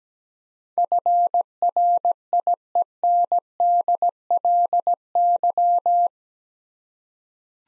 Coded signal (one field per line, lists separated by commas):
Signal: Morse code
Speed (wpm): 17 wpm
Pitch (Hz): 700 Hz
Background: none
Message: FRIENDLY